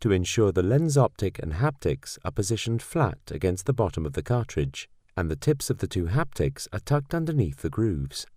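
An enVista intraocular lens is handled with its optic and two haptics laid flat against the bottom of an injector cartridge, with the haptic tips tucked under the grooves, before the cartridge wings are closed to lock with a click. Someone talks throughout. Nothing has seated or clicked yet.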